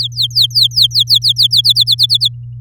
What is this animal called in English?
Domestic Canary